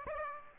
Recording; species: mosquito wingbeat signal from an infrared sensor; Aedes aegypti